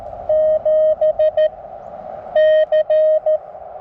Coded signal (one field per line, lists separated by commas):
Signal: Morse code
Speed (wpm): 14 wpm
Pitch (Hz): 590 Hz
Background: none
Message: 7 C